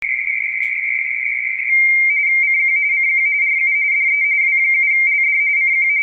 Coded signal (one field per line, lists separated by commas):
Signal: RTTY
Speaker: What you were just watching was a series of exchanges where this particular station W7LD W7 Lima Delta is running a frequency on a radio teletype contest.